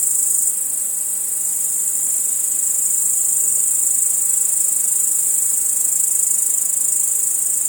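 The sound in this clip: Crickets chirring together in a constant shrill wall of sound, even and unbroken throughout, with no other clear sounds.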